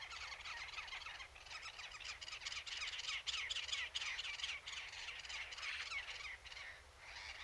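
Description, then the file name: Eurasian blackcap giving a continuous rich warble, fast tumbling notes running almost without pause from start to end. "Sylvia atricapilla"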